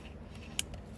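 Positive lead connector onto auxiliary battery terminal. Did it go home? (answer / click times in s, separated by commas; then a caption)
yes / 0.6 s. On a Mercedes CLA250/GLA250 getting a replacement auxiliary battery to fix an auxiliary battery malfunction, the positive lead connector is pushed onto the new auxiliary battery's terminal pin. It clicks home with a short, sharp click at 0.6 s over a low background hum, seating the connector as the first of the clicks.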